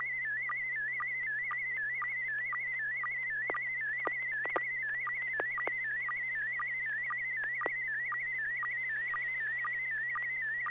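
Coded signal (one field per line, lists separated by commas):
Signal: SSTV (slow-scan television)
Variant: PD120 mode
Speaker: So I'll be transmitting PD 120, and here it comes.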